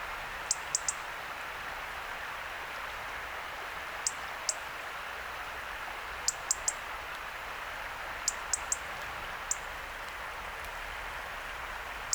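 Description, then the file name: European robin giving sharp, high tick calls in short clusters of two or three, repeated every few seconds over a steady hiss of background noise. "Erithacus rubecula"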